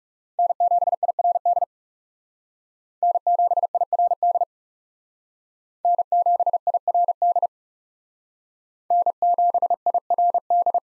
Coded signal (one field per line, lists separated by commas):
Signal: Morse code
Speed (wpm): 40 wpm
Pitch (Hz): 700 Hz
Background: none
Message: N7IRD N7IRD N7IRD N7IRD